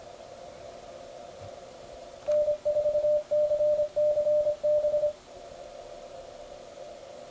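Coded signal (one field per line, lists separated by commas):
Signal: Morse code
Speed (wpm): 23 wpm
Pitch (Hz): 600 Hz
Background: radio noise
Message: N4CCB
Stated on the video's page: QRP CW DX contest contacts during the ARRL International DX Contest, sent with a Begali Simplex key and Logikit CMOS-4 keyer on a Flex Radio 6300.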